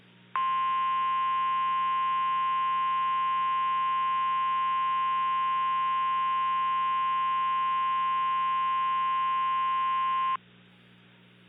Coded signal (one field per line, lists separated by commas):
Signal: Emergency Alert System (SAME) tones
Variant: 1050 Hz attention tone